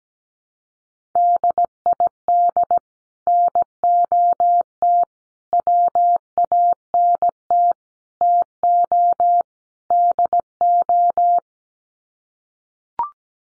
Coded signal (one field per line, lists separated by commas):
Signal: Morse code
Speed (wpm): 17 wpm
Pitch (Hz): 700 Hz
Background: none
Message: DID NOT WANT TO DO